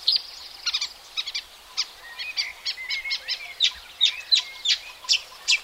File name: marshwarbler